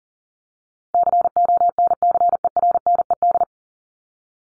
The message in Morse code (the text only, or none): CONCERNED